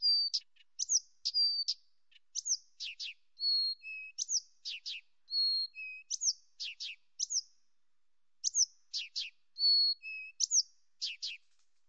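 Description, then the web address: Blyth's reed warbler, repeated song phrases of level whistles, high sweeping notes and sharp downstrokes, with brief pauses. Nominate subspecies dumetorum. "birds acrocephalus dumetorum dumetorum"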